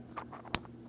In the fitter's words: Press it in. Audible click there.